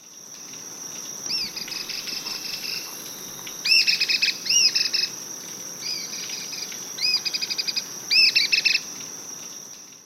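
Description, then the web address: Cliff flycatcher calling in repeated bursts, each a sharp upslurred note followed by a quick rattling series, with a constant high insect tone behind. Recorded in Ecuador. "Natures Songs S America Birds of Ecuador Cliff Flycatcher"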